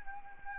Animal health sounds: mosquito wingbeat signal from an infrared sensor; Anopheles arabiensis

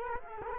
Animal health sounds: mosquito wingbeat signal from an infrared sensor; Culex quinquefasciatus

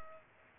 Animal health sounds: mosquito wingbeat signal from an infrared sensor; Culex pipiens

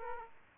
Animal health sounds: mosquito wingbeat signal from an infrared sensor; Aedes aegypti

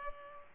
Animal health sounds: mosquito wingbeat signal from an infrared sensor; Culex pipiens

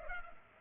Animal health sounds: mosquito wingbeat signal from an infrared sensor; Culex pipiens

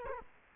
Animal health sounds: mosquito wingbeat signal from an infrared sensor; Culex quinquefasciatus

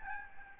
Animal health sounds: mosquito wingbeat signal from an infrared sensor; Aedes albopictus

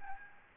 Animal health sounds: mosquito wingbeat signal from an infrared sensor; Aedes albopictus

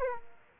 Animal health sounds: mosquito wingbeat signal from an infrared sensor; Aedes aegypti

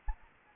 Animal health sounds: mosquito wingbeat signal from an infrared sensor; Anopheles gambiae

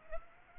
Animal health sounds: mosquito wingbeat signal from an infrared sensor; Culex pipiens

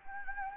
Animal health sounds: mosquito wingbeat signal from an infrared sensor; Anopheles gambiae

